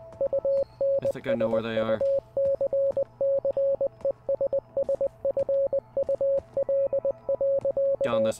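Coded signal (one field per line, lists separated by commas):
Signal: Morse code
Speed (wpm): 20 wpm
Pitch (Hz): 550 Hz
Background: speech, music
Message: UNSUCCESSFUL.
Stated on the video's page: Morse code heard in the game Receiver 2, on its final tape.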